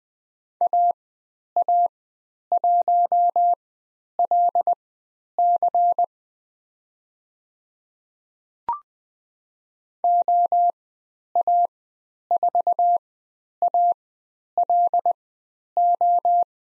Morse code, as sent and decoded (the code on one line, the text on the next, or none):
.- .- .---- .-.. -.-. / --- .- ....- .- .-.. ---
AA1LC OA4ALO